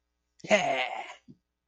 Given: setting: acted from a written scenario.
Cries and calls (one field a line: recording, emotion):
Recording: vocal sound without words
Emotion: realization